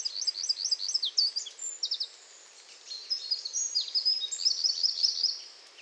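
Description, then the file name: Eurasian wren delivers an energetic, high-pitched song of tumbling notes and buzzy trills, briefly breaking off midway before another rapid phrase. "Troglodytes troglodytes"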